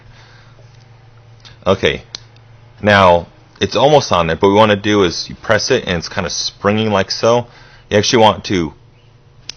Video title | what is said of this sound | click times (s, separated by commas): How to install a M4 Hop Up (Airsoft, Echo1, Tokyo Marui, KWA) | slide back like so if you heard that little click and it's basically flush | 9.5 s